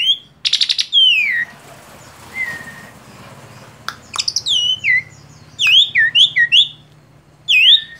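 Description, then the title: Asian pied starling song mixing harsh squawks, falling slurred whistles and a burst of quick chirping notes, with a low droning hum in the background. Masteran, a training recording played to teach caged songbirds. "Masteran Jalak Suren"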